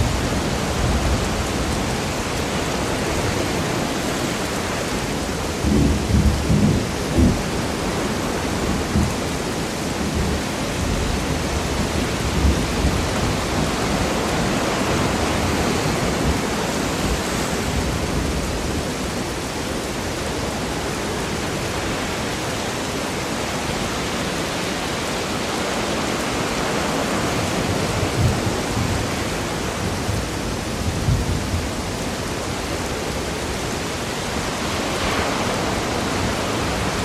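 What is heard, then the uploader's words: Stormy sea roars in a dense, steady wash of rushing noise, with low rumbling surges swelling around six and fifteen seconds. Stormy and Thunderstorm Sea Sounds.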